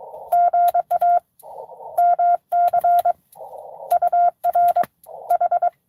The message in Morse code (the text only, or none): GA MC UR H